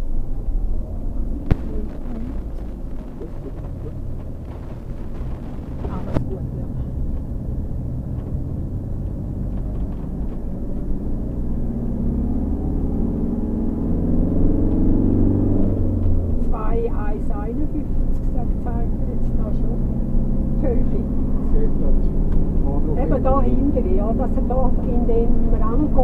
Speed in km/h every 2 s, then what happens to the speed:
22, 16, 0, 0, 0, 20, 27, 33, 31, 33, 37, 40, 44.
0-3 brakes to 0. 3-8 standing. 8-13 pulls away to 33. 17-26 speeds up to 44.